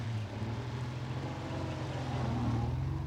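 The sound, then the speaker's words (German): A car engine rumbles steadily as a man drives away, with a low, droning hum that holds at a constant level and swells slightly toward the end. No one speaks. “Der Mann, der da wegfährt, ist sehr klug.”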